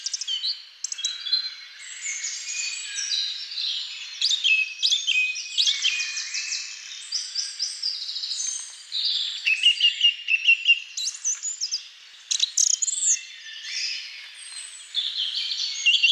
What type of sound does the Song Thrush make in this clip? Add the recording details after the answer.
song. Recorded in the wild. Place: Waltershofen / Freiburg im Breisgau, Baden-Württemberg, DE. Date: 2005-04-09. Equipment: Minidisc Sony MZ-R35, Telinga DAT, Telinga-Parabolspiegel. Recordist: Schwarz, Dieter. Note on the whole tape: Song